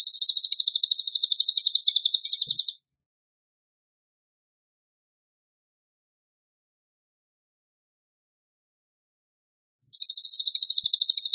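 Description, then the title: Tembakan bird song: a fast, high chirping trill for nearly three seconds, a long silent gap, then the same rapid trill starting again. Masteran (tutor song) for training cage birds; Tembakan bird singing gacor, continuously and vigorously. "Masteran Burung Tembakan Gacor"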